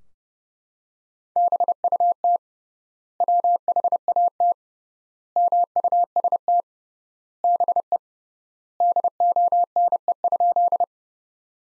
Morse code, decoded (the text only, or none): BUT WHAT MUST BE DONE?